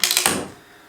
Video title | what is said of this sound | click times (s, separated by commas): Howa 6 Creedmoor Assembly - Part 1 | so that locks in place now it's it's firmly in there so then we just pop it straight back | 0.0 s